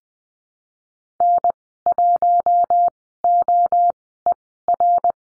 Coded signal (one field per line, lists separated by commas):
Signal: Morse code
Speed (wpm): 20 wpm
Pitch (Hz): 700 Hz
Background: none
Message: N1OER